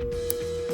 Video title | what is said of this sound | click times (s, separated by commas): How To Convert BMW E60 5 series Headlight Halos to LED | and you heard it click into place all right now for the ground wire | 0.3 s